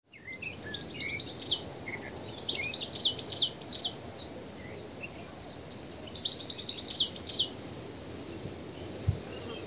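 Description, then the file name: European goldfinch calls, three bursts of bright, high tinkling twitters with a few lower chirps between them, set against constant background noise. "Carduelis carduelis"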